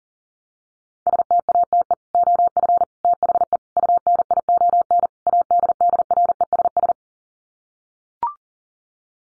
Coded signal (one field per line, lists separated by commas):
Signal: Morse code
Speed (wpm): 40 wpm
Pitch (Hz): 700 Hz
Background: none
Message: STATE OF THE UNION ADDRESS